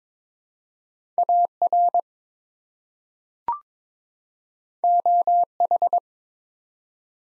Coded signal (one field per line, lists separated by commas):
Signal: Morse code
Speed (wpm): 22 wpm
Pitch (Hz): 700 Hz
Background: none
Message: AR OH